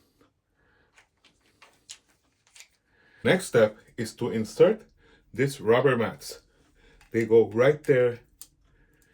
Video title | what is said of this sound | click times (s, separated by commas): BIGCOW Ultra-Slim Bidet Attachment for Toilet - Dual Nozzle with Adjustable Cold Water#ad | It's pretty much selfexplanatory. And they click right in. | 8.4 s